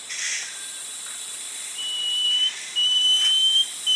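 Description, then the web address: Banded Antbird song: a few long, thin, high whistles held at an even pitch, with a faint hiss beneath. Recorded in the eastern lowlands of South America. "Natures Songs S America Eastern Lowlands. Banded Antbird"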